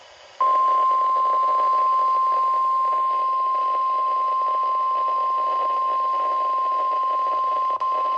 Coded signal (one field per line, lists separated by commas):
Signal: Emergency Alert System (SAME) tones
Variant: 1050 Hz attention tone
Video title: NOAA Weather Radio - Severe Thunderstorm Warning [EAS #298] (4/1/23)